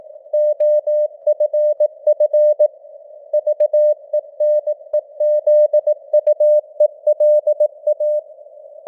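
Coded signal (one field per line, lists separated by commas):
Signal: Morse code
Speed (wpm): 18 wpm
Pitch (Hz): 600 Hz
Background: none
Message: OFF VENEZUELA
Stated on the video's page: News headlines in Morse at 18 wpm, with simulated radio noise and fading (QSB).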